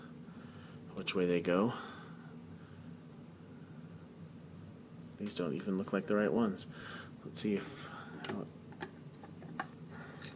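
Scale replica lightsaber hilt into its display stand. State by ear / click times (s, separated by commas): seated / 9.6 s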